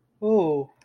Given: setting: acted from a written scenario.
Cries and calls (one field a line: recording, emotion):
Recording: vocal sound without words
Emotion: awe